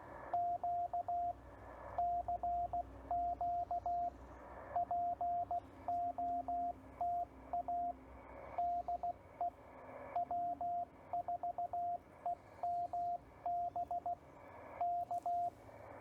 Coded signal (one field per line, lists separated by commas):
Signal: Morse code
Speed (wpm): 16 wpm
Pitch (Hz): 690 Hz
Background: radio noise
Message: Q CQ POTA DE W4EMB K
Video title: CW POTA, Follow along with me.